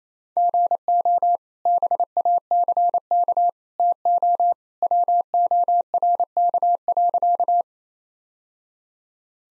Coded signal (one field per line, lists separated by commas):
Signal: Morse code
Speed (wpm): 28 wpm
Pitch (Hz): 700 Hz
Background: none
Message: GO BACK TO WORK.